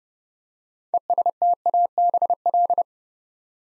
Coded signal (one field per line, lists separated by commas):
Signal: Morse code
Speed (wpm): 30 wpm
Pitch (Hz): 700 Hz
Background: none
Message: ESTABL